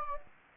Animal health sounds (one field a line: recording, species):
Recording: mosquito wingbeat signal from an infrared sensor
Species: Anopheles gambiae